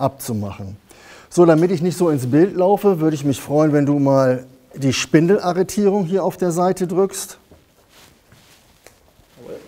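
Someone talks while a helper handles the spindle lock button on the side of a cordless circular saw so the blade nut can be removed. After the talk, a few faint short sounds are heard near the end. Nothing has seated or clicked yet.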